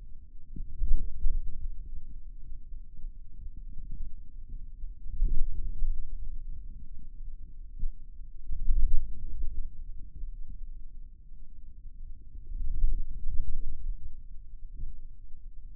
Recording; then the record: forearm muscle sounds (acoustic myography)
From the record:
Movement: ulnar deviation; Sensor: system 2, bracelet of six BSWA MPA416 microphones around the upper forearm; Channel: 4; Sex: male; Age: 22 years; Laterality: right